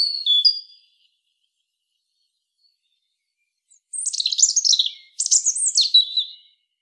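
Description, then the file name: European robin singing: the tail of one phrase, a pause of about three seconds, then two quick jumbled high phrases of sliding whistles and fine trills. "Erithacus rubecula"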